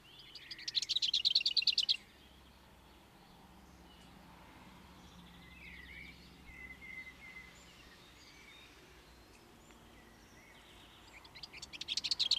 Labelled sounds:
Lesser Whitethroat (Sylvia curruca) song
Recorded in the wild
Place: Kaiserslautern, Rheinland-Pfalz, DE
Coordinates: 49.4247, 7.77889
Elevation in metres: 279
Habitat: garden
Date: 1979-05-13
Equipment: Nagra IV, Sennheiser MKH 405, Parabolreflektor
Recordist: Tretzel, Erwin

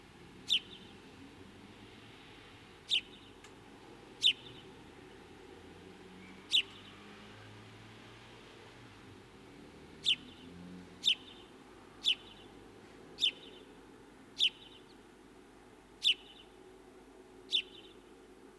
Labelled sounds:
House Sparrow (Passer domesticus) call
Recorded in the wild
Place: Hettenleidelheim, Rheinland-Pfalz, DE
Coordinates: 49.5353, 8.07278
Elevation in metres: 252
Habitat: garden
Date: 1975-08-24
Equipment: Nagra IV, Sennheiser MKH 405, Parabolreflektor
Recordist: Tretzel, Erwin

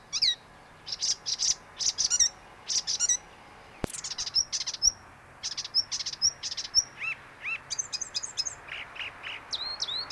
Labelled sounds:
Icterine Warbler (Hippolais icterina)
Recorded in the wild
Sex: male
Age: adult
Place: Baiersdorf, Bayern, DE
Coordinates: 49.6578, 11.0319
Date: 1962-06-13
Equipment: Stellavox SM 5, Original, Vollspur
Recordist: Tretzel, Erwin

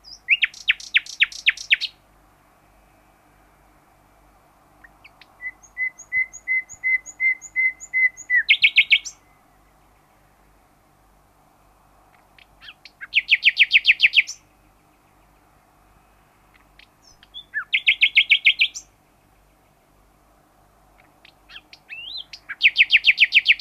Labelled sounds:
Common Nightingale (Luscinia megarhynchos) social call
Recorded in the wild
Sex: male
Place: Bopfingen, Baden-Württemberg, DE
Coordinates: 48.8419, 10.3767
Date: 1971-05-13
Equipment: Uher Report 4200, AKG D190C in Doppel-Parabolreflektor
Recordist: Krey, Winfried

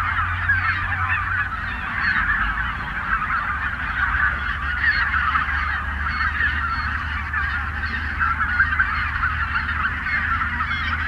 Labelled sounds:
Greater White-fronted Goose (Anser albifrons) call
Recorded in the wild
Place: Zingst, Insel Kirr, Mecklenburg-Vorpommern, DE
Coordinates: 54.421, 12.709
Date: 1978-10-17 18:35
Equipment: Nagra III BH, Sennheiser MD 21, parabola
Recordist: Schubert, Michael

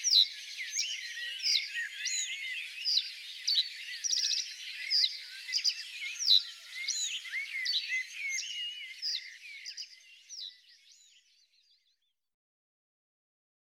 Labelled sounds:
Reed Bunting (Emberiza schoeniclus) song
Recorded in the wild
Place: Flögelner See, Schleswig-Holstein, DE
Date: 2009-05-26
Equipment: MiniDisc Sharp MT 20 H
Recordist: Schwarz, Dieter

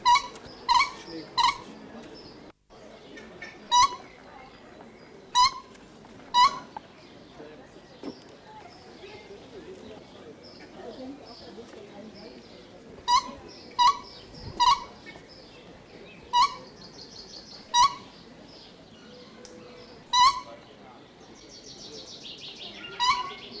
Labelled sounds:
Siberian Crane (Grus leucogeranus) call
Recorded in captivity
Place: Vogelpark Walsrode, Niedersachsen, DE
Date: 1982-10-22
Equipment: Halbspur, 9,5 cm/s
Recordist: Lütgens, Hans
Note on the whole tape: Einer kommt ans Gitter. Vogelpark Walsrode

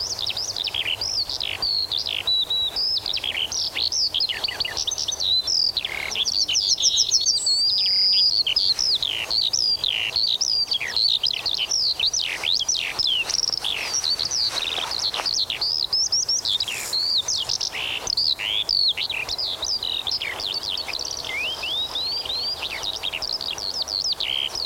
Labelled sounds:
Yellowhammer (Emberiza citrinella)
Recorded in the wild
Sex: male
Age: adult
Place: Zepernick, OT Hobrechtsfelde, Brandenburg, DE
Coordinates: 52.666, 13.495
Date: 1993-04-20 13:50
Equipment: Sony WM-D6C, Sennheiser ME 80, K 30 AV, Kopie Tascam 22-2
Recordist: Quaisser, Christiane

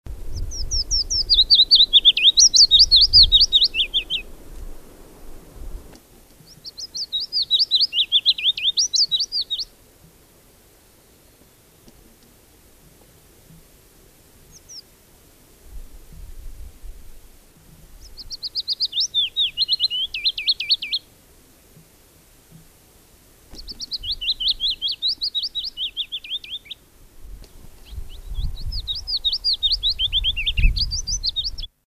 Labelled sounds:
Willow Warbler (Phylloscopus trochilus) song
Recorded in the wild
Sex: male
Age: adult
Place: Erlangen, Bayern, DE
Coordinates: 49.6031, 10.9581
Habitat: pond
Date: 1965-05-01
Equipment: Vollspur, Original
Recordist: Tretzel, Erwin
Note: Neuweiher: Fitis: Gesang

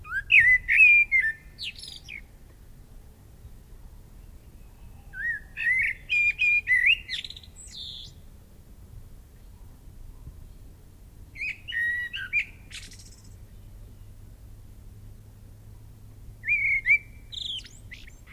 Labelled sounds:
Common Blackbird (Turdus merula) song
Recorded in the wild
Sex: male
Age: adult
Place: Mark (gemeindefreies Gebiet), Bayern, DE
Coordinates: 49.6414, 10.9478
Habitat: forest
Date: 1964-03-25
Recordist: Tretzel, Erwin

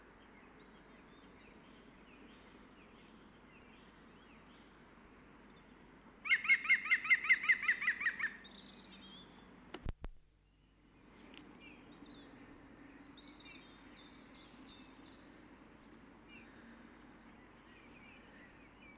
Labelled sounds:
European Green Woodpecker (Picus viridis) call
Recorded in the wild
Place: Garmisch-Partenkirchen, Bayern, DE
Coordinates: 47.5164, 11.0811
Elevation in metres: 877
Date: 1971-04-08
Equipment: Nagra IV, Sennheiser MKH 405
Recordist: Tretzel, Erwin

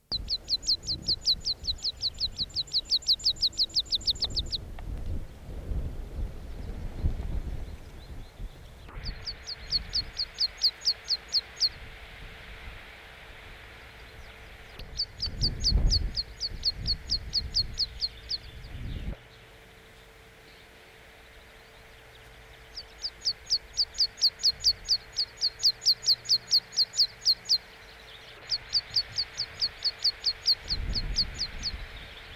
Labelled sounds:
Meadow Pipit (Anthus pratensis) song
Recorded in the wild
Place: Bruchberg, Niedersachsen, DE
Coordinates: 51.78, 10.52
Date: 1986-06-15
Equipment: Sony WM-D6C, Parabolscheibe
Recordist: Skiba, Reinald

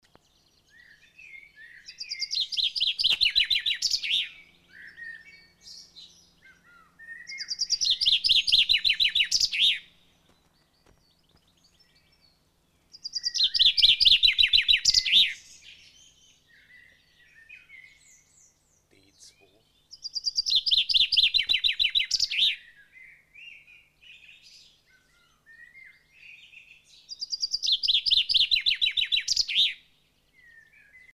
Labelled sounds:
Common Chaffinch (Fringilla coelebs) song, Common Blackbird (Turdus merula)
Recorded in the wild
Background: Turdus merula
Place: Ormont-Dessous, Kanton Waadt, CH
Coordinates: 45.3597, 7.19972
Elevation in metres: 1690
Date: 1986-05-22
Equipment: Uher 4000 Report, Sennheiser MKH 815 T
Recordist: Tretzel, Erwin
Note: Lac Retaud, Ormont-Dessous, Schweiz: Gesang

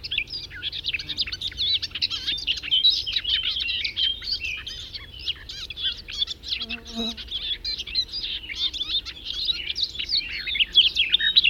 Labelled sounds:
Garden Warbler (Sylvia borin) song
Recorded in the wild
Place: Venz, Insel Rügen, Mecklenburg-Vorpommern, DE
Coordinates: 54.497, 13.302
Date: 1971-05-31
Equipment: Nagra III BH, Sennheiser MD 21, parabola
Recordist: Schubert, Michael

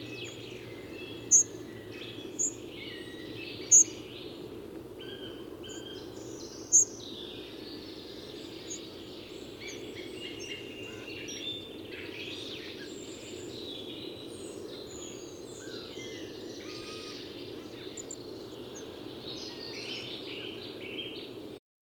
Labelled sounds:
Hawfinch (Coccothraustes coccothraustes)
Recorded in the wild
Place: Feldberger Seenlandschaft, Mecklenburg-Vorpommern, DE
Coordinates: 53.417, 13.5
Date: 1984-04-15 10:00
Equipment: Nagra III BH, Sennheiser MD 21, parabola
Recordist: Schubert, Michael
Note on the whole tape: Rufe und Gesang Kernbeißer

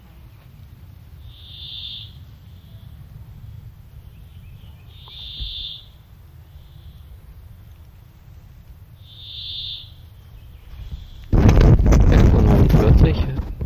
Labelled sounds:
Common Chaffinch (Fringilla coelebs)
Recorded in the wild
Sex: male
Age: adult
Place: Halbinsel Kindo, Karelien, RU
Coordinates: 66.5369, 33.0894
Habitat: taiga
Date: 1995-06-21 11:49
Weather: sunny, 20°C
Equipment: Sony WM-D6C, Sennheiser MKH 416T
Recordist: Frommolt, Karl-Heinz

